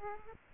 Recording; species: mosquito wingbeat signal from an infrared sensor; Aedes aegypti